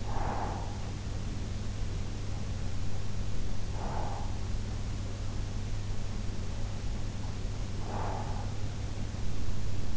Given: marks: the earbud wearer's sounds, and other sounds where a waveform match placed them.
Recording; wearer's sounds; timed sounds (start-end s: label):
sounds in sleep by an in-ear microphone; breath
0.00-0.84 s: breath
3.65-4.45 s: breath
7.75-8.51 s: breath